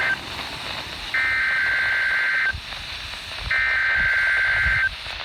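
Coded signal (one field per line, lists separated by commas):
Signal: Emergency Alert System (SAME) tones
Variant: header bursts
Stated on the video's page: Required weekly test from a weather radio station.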